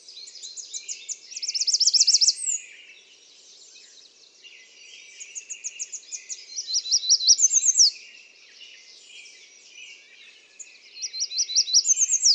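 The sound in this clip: American redstart song phrases of rapid, high, thin notes, each ending in an emphatic slur, repeated three times.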